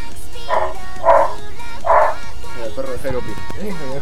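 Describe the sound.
A dog barks three times in quick succession, sharp mid-pitched woofs, followed by people talking over a steady background hum.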